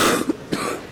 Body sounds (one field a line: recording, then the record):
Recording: coughing mixed with background sound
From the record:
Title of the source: 60 coughing still (deep and wet cough)